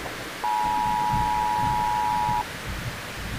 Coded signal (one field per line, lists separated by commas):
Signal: Emergency Alert System (SAME) tones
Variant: 853 and 960 Hz attention tone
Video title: EAS Scenario 7: Merge Threat